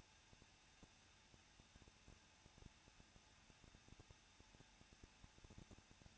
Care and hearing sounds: daily activity, microphone in the room; no activity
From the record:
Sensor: 2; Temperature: 21.0 degrees Celsius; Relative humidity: 37.6%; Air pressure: 1006.3 hPa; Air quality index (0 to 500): 224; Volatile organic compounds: 25 ppm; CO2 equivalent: 2844 ppm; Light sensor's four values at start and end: 2/3/2/2 and 2/3/2/2

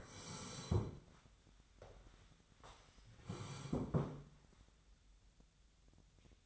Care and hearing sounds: daily activity, microphone in the room; sit down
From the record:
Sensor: 3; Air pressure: 1015.2 hPa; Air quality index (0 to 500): 177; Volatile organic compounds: 16 ppm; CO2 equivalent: 2534 ppm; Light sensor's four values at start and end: 14/36/14/15 and 14/37/15/16

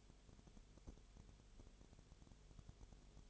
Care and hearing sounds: daily activity, microphone in the room; no activity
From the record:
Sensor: 4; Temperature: 22.0 degrees Celsius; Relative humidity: 29.7%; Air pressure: 1002.1 hPa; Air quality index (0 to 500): 59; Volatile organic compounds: 1 ppm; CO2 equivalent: 608 ppm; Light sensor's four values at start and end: 2/3/1/1 and 2/3/1/1

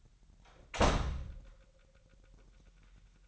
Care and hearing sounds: daily activity, microphone in the room; close door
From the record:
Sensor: 3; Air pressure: 998.3 hPa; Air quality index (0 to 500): 142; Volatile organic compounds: 4 ppm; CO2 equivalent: 1699 ppm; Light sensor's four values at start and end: 16/46/18/17 and 16/46/18/17

